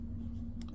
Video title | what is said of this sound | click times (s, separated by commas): The Frankenwera 2 lives to Ratchet screws into submission! | But it's camming out because of the Phillips, of course. | 0.6 s